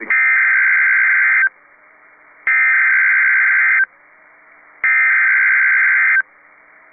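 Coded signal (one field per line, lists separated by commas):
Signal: Emergency Alert System (SAME) tones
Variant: header bursts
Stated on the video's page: Severe thunderstorm watch and warning tones from NOAA Weather Radio WXK27 Austin, Texas.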